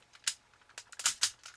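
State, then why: Seated. A plastic torso connector is pressed onto the body of a combined Liner Dagwon (Brave Command Dagwon) toy robot and snaps into place with a sharp click at 0.3 s. Further short plastic clicks and taps follow at about 0.8, 1.0, 1.1 and 1.2 s as the parts are handled. The connector ends up seated and fitted tight.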